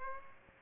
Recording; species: mosquito wingbeat signal from an infrared sensor; Aedes aegypti